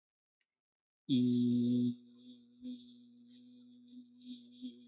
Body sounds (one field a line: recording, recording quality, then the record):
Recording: sustained vowel as in beet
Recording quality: excellent, no background noise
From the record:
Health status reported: healthy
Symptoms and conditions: none ticked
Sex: male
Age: 24 years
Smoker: not ticked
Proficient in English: yes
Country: India